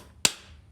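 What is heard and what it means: A DOD delete plug is driven into the oil passage in the lifter valley of an all-aluminum Gen 4 6.2 LS engine block. A single sharp, bright snap from one hit at 0.3 s rises out of a quiet background and fades quickly. The snap means the plug is seated all the way down.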